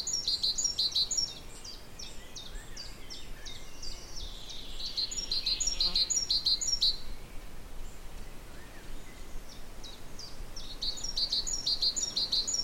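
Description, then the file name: Great tit repeating sharp two-note phrases at the start, again midway and at the end, with a background rush of noise throughout. "Parus major"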